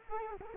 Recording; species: mosquito wingbeat signal from an infrared sensor; Culex quinquefasciatus